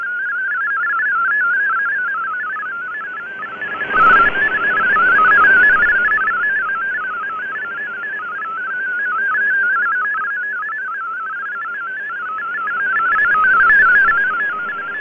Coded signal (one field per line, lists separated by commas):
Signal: multi-tone FSK (Olivia or MFSK type)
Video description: Shortwave Radiogram transmits digital text and images on an analog shortwave broadcast transmitter.